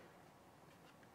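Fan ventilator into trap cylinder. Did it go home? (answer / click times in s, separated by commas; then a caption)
no / none. The plastic fan ventilator unit of a Biogents BG Pro mosquito trap is handled as it is added to the trap cylinder, to be locked with a quarter turn. Only a steady, faint rustling handling noise with light ticking is heard, and the ventilator has not yet seated or clicked into place.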